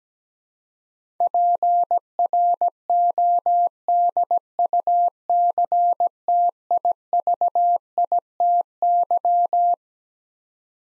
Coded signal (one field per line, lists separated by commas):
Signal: Morse code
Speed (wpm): 17 wpm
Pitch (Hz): 700 Hz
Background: none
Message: PRODUCTIVITY